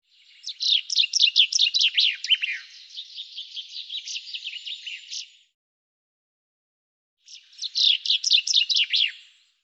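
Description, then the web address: Bird sings two high twittering phrases of sharp downslurred chirps, the first about five seconds long, the second shorter after a two-second pause. "cianscape birddata Deverinetal 2025 Bird Fr Co"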